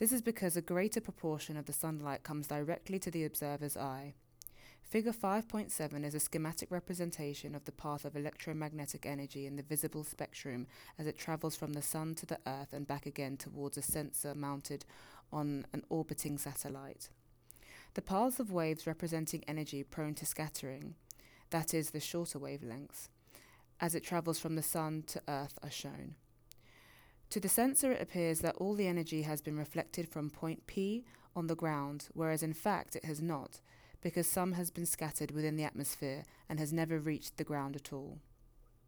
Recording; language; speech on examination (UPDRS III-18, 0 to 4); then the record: text read into a phone; English; 0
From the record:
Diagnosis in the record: healthy control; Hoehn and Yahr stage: 0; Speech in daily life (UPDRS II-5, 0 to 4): 0